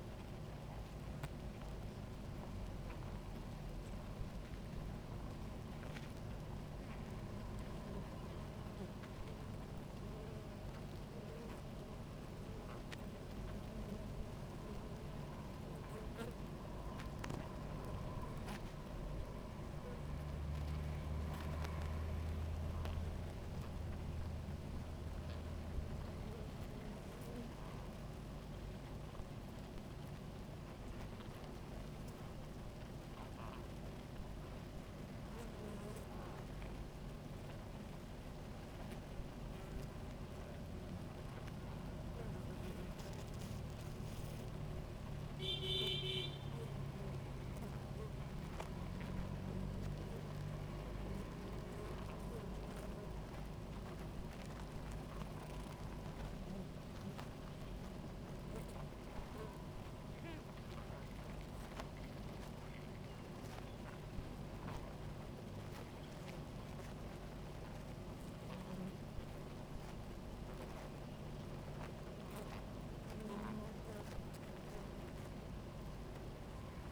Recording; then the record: honeybee colony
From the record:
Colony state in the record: active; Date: 28 July 2017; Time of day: 17:21